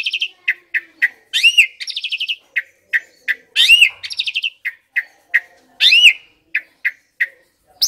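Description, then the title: Asian pied starling song: sharp upslurred squeaks repeated at short intervals, broken by brief chattering trills and a few loud, harsh notes. Training (masteran) recording of pied starling song, said to be effective for birds that sing too little or are listless. "Masteran Jalak Suren AMPUH Dan EFEKTIF Atasi Burung KURANG GACOR Dan LOYO"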